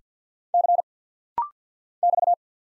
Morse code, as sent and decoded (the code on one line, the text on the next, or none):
-.-. / -...-
C <BT>